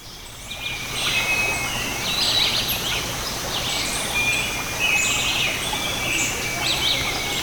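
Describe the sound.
Bird calls: short, high chirps and brief trills scattered throughout, over a steady high hiss and constant background noise.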